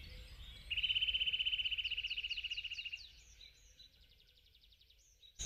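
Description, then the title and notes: Eurasian nuthatch rapid trill for about two seconds, followed by fainter notes. "Pähkinänakkeli. Juha Laaksonen"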